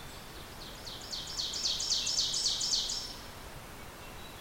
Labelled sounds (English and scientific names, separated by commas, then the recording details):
Ovenbird (Seiurus aurocapilla) song
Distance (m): 40 m
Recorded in boreal forest in Alberta, Canada, on 14 June 2016 at 05:35
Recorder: SongMeter 3, array SBT-3-33
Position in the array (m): 118 m, 23 m
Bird 21